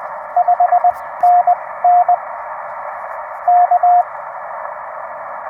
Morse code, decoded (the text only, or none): 5NN K